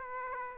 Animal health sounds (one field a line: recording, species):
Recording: mosquito wingbeat signal from an infrared sensor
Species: Aedes aegypti